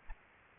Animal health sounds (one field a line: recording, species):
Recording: mosquito wingbeat signal from an infrared sensor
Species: Aedes albopictus